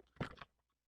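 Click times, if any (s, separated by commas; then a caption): none. A plastic seat back is being handled and fitted onto the seat bottom of a 12V BKIRNP RC kids' ride-on car, making a short burst of plastic rubbing and scraping around 0.2 to 0.45 seconds, then fading to near silence with a brief tick at the very end. Nothing has seated or clicked into place yet.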